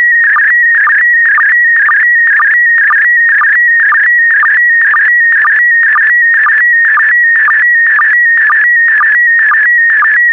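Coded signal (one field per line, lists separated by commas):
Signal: SSTV (slow-scan television)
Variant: PD120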